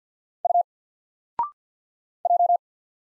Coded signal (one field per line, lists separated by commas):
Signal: Morse code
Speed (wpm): 48 wpm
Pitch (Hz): 700 Hz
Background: none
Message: U J